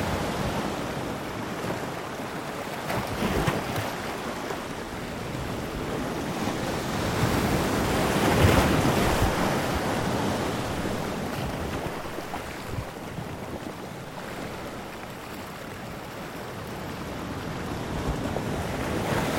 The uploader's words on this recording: Coastal Rock Side - Storm-surge Washes. The storm surge is battering a really odd-shaped set of rocks and I'm trying desperately not to fall in.